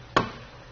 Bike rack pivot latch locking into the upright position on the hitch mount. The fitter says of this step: and then lift until you hear it in that clicking spot